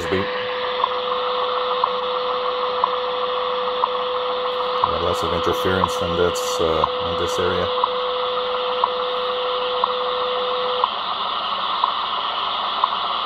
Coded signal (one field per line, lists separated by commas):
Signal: radio time signal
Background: speech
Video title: WWV 25 MHz on CountyComm GP-7/SSB VS Sangean ATS-405 portable receivers on telescopic antenna